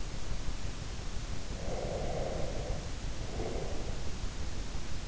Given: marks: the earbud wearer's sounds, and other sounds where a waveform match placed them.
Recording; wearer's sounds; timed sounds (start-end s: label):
sounds in sleep by an in-ear microphone; breath
1.57-3.99 s: breath